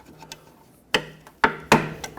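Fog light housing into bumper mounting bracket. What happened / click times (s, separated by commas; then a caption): The plastic housing snapped into its bracket / 1.0 s, 1.4 s. On a 2009-2014 Ford F-150, a plastic fog light housing is pressed into its bumper mounting bracket on a second attempt after the first failed to lock. Sharp snapping clicks at 1.0 and 1.4 seconds are followed by another loud knock at about 1.7 seconds and a few faint ticks around them. The fog light is seated and locked in the bracket.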